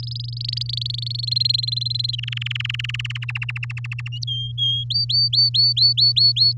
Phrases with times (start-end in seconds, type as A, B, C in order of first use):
0.00-0.88 A, 0.90-2.16 B, 2.18-3.07 C, 3.10-4.08 D, 4.27-4.84 E, 4.90-6.53 F